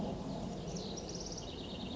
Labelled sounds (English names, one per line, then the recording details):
House Wren
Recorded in Sonoma County, California